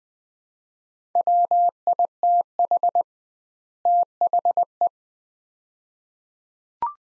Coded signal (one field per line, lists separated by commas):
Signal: Morse code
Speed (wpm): 20 wpm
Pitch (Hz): 700 Hz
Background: none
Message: WITH THE